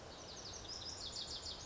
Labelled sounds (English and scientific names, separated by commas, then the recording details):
Lazuli Bunting (Passerina amoena)
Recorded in Sonoma County, California